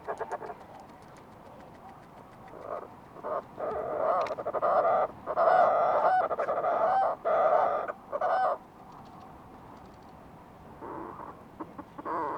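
Fulmar prion calls: a stuttering series of harsh, buzzy calls swells in the middle, then fades to quiet before two more bursts at the end.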